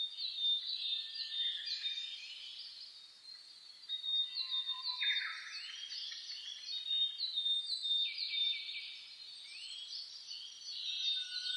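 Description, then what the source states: Birds singing in a dense dawn chorus, many overlapping chirps and whistled phrases, with a steady high thin tone and a brief low whistle underneath. Dawn chorus recorded on 10 May 2010, at 04:01.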